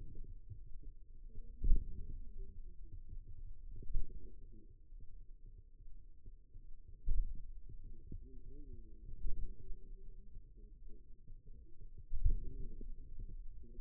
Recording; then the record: forearm muscle sounds (acoustic myography)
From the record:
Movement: pen grasping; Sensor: system 2, bracelet of six BSWA MPA416 microphones around the upper forearm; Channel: 3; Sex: male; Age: 22 years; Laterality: right